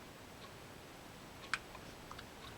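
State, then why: Seated. During a service of an Abu Black Max round baitcaster, a small ridged spring retainer clip is pressed back into the channel in the spool to hold the bearing. A single sharp snap at 1.5 s marks the clip seating, followed by two faint ticks near 2.1 and 2.2 s. The clip is confirmed set in its channel.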